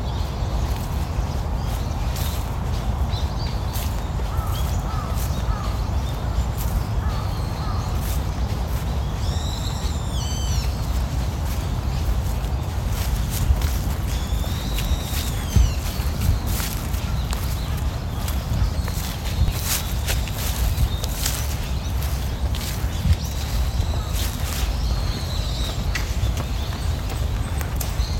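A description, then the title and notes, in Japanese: A morning walk in a park, with a steady rush of flowing water filling the low end throughout. Small birds chirp and trill in short bursts, especially around 10 and 15 seconds, while crunchy footsteps through leaves tick irregularly. 公園の朝散歩で聴こえてくる自然音。朝、公園で聴こえてくる小川のせせらぎや滝のオト、小鳥のさえずりや落ち葉ふみ。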